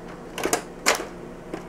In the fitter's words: push in until it clicks and it's there that's